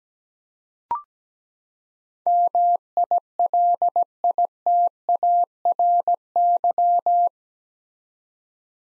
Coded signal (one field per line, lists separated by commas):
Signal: Morse code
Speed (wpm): 17 wpm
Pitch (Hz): 700 Hz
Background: none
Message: MILITARY